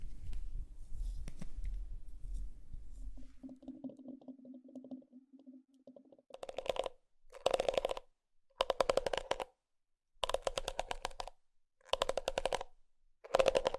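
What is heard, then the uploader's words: Makeup triggers: low rumbling handling and a soft hum, then from six seconds, repeated crackly squishing bursts about once per second with silent gaps. ASMR 20+ Makeup Triggers For Sleep ASMR NO TALKING.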